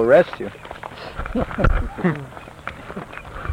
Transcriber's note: Prabhupāda chuckles